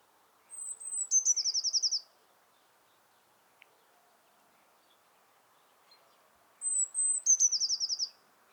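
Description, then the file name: Eurasian blue tit song: high thin whistles leading into a fast, slightly falling trill, the phrase given twice about six seconds apart with quiet between. "Cyanistes caeruleus"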